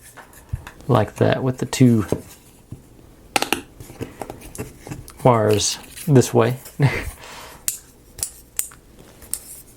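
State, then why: Seated. A wooden part of a laser-cut wooden pinball model kit is pressed into its slot in the pinball model frame, with the two wires routed through. Someone talks, and scattered short clicks and knocks are heard between the speech. The part seats with a sharp snap at 9.3 s.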